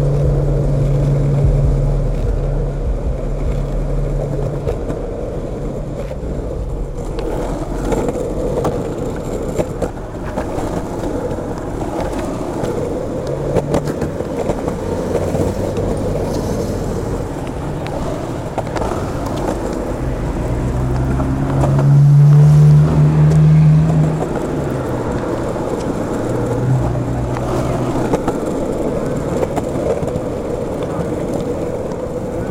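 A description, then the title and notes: Skateboard wheels roll with a steady low rumble and rattle, swelling louder around twenty-two seconds, with scattered clicks and faint traffic behind. Exploring the City on Skateboards at Night. You hypnotically kick and push the board, cruising down the roads and sidewalks.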